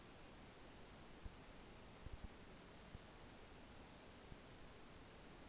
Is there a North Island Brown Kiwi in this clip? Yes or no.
no